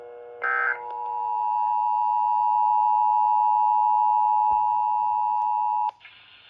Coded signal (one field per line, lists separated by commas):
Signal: Emergency Alert System (SAME) tones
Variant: 853 and 960 Hz attention tone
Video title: 2021 National Periodic Tests (EAS #66-69)